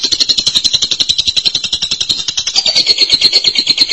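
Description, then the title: Lovebird rattling out an unbroken, rapid, buzzy chatter of evenly pulsed notes. "BM Suara Burung Lovebird"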